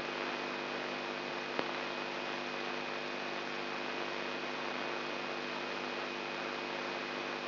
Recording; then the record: brain microelectrode recording played as sound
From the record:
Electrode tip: outside the subthalamic nucleus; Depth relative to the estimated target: 1 mm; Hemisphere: right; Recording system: AlphaMap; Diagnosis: Parkinson's disease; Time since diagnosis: 11 years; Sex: male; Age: 67 years